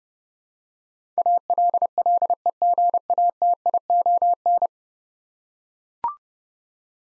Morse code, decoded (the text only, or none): ALLEGATION